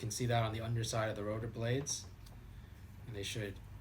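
A plastic rotor blade peg is being pushed into the spinner hub of a toy model helicopter, meant to hold the blades in so they don't come out and fly off when the model is flown. Someone talks throughout, with a faint short tick around 2.3 seconds. The peg and blades have not seated or clicked into place yet.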